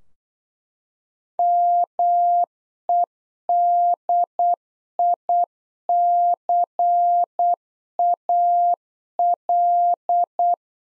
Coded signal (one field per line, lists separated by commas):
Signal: Morse code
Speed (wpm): 8 wpm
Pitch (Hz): 700 Hz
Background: none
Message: MEDICAL